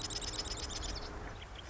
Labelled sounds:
Marsh Wren
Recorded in Sonoma County, California

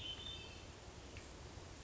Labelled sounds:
Hermit Thrush
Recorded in Sonoma County, California

